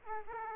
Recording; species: mosquito wingbeat signal from an infrared sensor; Aedes aegypti